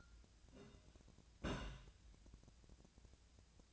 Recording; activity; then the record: daily activity, microphone in the room; place on stove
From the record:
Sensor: 2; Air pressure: 1009.8 hPa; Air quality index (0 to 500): 180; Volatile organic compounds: 10 ppm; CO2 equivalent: 2248 ppm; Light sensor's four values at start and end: 31/75/33/36 and 31/75/32/36